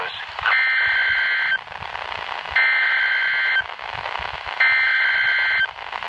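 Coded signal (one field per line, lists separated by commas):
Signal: Emergency Alert System (SAME) tones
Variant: header bursts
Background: speech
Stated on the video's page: Tornado Warning EAS tones over NOAA Weather Radio for Indianapolis, Indiana.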